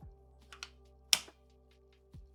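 The top piece of a Zacuto camera rig is slid onto a VCT tripod quick-release plate until it locks, with two light taps at about 0.5 and 0.6 s over a steady low tonal hum. A sharp, bright click at 1.1 s shows the plate is seated and locked in.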